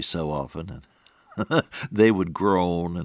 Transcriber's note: chuckle